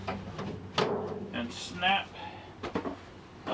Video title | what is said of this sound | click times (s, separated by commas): feeding stubborn snakes chicken broth episode 75 | on buddy get your tail over and snap | 0.8 s